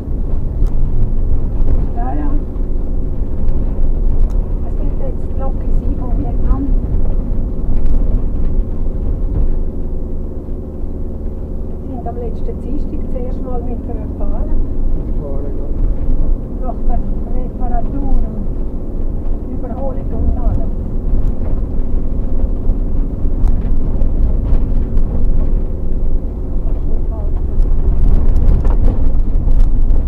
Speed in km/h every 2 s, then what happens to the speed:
40, 40, 40, 42, 40, 42, 42, 44, 46, 44, 42, 42, 42, 38, 33.
0-9 steady at about 40. 9-17 speeds up to 46. 17-24 steady at about 42. 24-30 slows to 33.